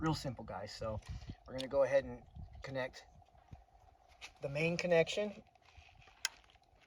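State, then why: Seated. Someone talks while pressing the main plastic waterproof wiring harness connector onto a new Torp Motors TC500 motor controller on an electric motorbike. One sharp click is heard at 6.3 s, followed by a few faint ticks, and the connector is seated.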